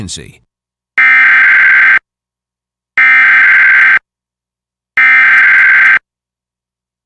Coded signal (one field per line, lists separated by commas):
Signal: Emergency Alert System (SAME) tones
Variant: header bursts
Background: speech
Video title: EAS #731: EAS Required Monthly Test- Jan. 4, 2023- 2:50PM PST